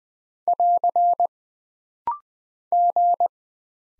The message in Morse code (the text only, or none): <AR> G